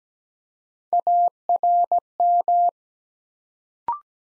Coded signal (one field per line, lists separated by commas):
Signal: Morse code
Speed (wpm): 17 wpm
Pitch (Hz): 700 Hz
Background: none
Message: ARM